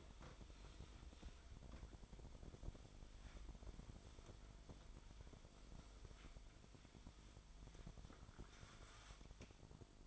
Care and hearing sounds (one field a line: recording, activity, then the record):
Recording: daily activity, microphone in the room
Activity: wipe stove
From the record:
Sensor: 5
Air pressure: 1003.4 hPa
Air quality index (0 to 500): 142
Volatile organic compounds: 2 ppm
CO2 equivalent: 1037 ppm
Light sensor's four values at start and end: 31/69/31/36 and 32/71/32/37